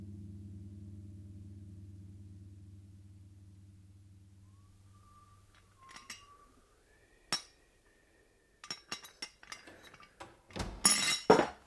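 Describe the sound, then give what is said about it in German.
A low droning hum fades away, then a coffee pot and cups clink in sharp, irregular knocks, building to a louder, rapid cluster of rattling china at the end. No one speaks. “Was machst du denn mit der Kaffeekanne?”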